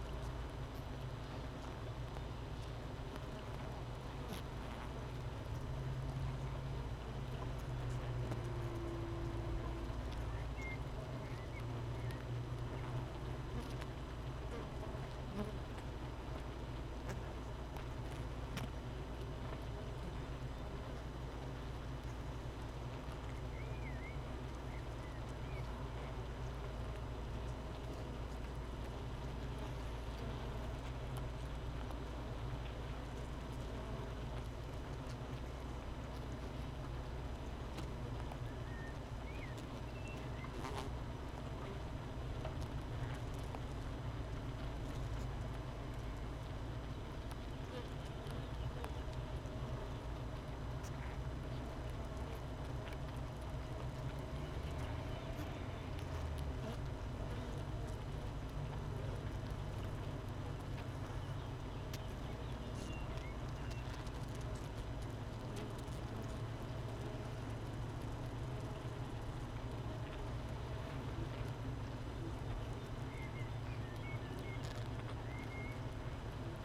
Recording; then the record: honeybee colony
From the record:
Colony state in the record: missing queen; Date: 31 May 2018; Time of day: 13:57